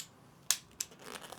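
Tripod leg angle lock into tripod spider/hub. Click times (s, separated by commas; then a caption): 0.5 s, 0.8 s. A Sunwayfoto HT2830CS tripod leg is folded back up from its lowest splay angle without pressing the release button, and its metal and plastic angle lock ratchets over its stops in the tripod hub. Sharp clicks are heard at 0.5 s and 0.8 s, followed by fainter ticks and rattles. The leg's angle stop clicks into place as it returns toward its folded position.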